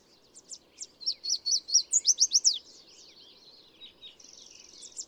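Bird song: a few high separate chips, then a fast loud run of sliding whistled notes, ending in a thin buzzy trill.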